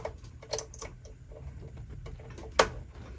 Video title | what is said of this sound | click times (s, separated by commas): How to Setup the Alesis HD24 & RME 802 with Studio One and More | There we go. Snaps right in. | 2.6 s